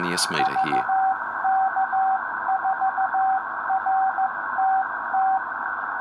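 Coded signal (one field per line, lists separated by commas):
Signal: Morse code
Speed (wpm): 14 wpm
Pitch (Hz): 770 Hz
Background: speech, radio noise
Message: VK4RTT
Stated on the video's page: Newly installed 2 m amateur VHF beacon replacing a decades-old unit.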